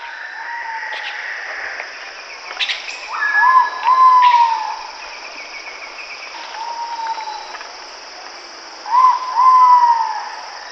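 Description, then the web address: Ivory-breasted pitta giving clear whistled calls, each a short rising note followed by a level held tone, repeated several seconds apart over steady insect hiss. Indonesia. "ULM-DS-Lab indonesian-bird-sounds. Pitta maxima"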